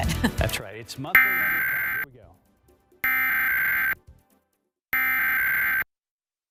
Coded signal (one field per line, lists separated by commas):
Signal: Emergency Alert System (SAME) tones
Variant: header bursts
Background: speech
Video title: EAS Required Monthly Test – KSAT-TV 12, San Antonio, TX (4/3/2018)